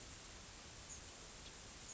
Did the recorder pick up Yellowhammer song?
no